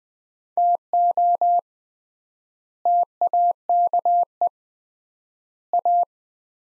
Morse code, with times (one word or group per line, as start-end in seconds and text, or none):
0.6-1.6 TO
2.9-4.5 TAKE
5.7-6.0 A